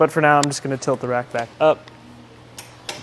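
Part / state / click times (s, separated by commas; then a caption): hitch bike rack tilt latch on hitch mount / seated / 2.9 s. Someone talks over the first 1.7 seconds, then tilts a Hollywood Racks Sport Rider SE hitch bike rack, built for 2 electric bikes and mounted in the hitch of a 2022 Chrysler Pacifica, back up to its upright position. After a quiet stretch, a faint tick comes at 2.6 s, then a sharp metallic click at 2.9 s as the metal tilt latch locks the rack firmly in place.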